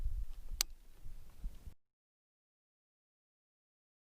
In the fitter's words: turn it counterclockwise until this detent snaps back into place